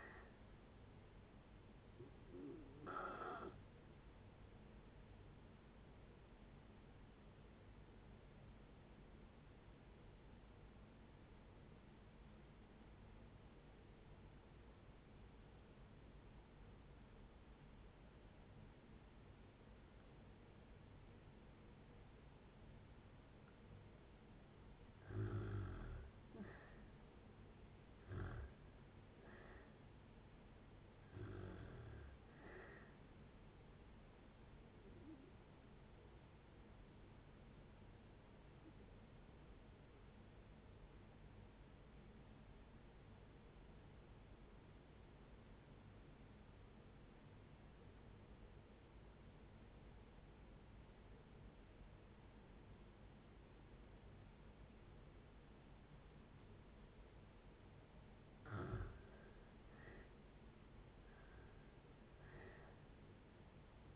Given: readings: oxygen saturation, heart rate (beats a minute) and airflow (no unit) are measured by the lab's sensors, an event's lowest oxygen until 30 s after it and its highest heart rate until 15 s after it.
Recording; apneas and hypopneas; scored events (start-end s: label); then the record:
breathing in sleep by a voice recorder at the bedside; 2
6.00-24.40 s: obstructive apnea (N2, oxygen 95% highest, then 82% lowest, heart rate 65 at the start, 74 highest)
23.00-63.96 s: new sleep stage, N1 (lightest sleep)
44.00-59.20 s: obstructive apnea (N1, oxygen 95% highest, then 80% lowest, heart rate 57 at the start, 72 highest)
From the record:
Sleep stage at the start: N2 (light sleep); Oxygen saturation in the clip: 82 to 95%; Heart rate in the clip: 56 to 74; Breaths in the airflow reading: 9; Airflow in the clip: -7.9 to 6.3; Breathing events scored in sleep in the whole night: 496 in 5.4 hours asleep